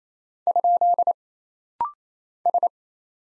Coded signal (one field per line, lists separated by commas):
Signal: Morse code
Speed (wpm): 27 wpm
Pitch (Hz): 700 Hz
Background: none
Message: ? S